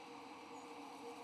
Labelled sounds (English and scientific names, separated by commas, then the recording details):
White-throated Sparrow (Zonotrichia albicollis) flight call
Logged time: 01:58 on 3 November 2014